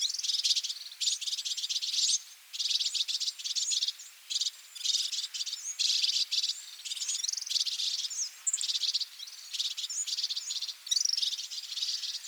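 Red-fronted serin calls: dense bursts of high, buzzy twittering notes, coming in rapid runs separated by short pauses throughout.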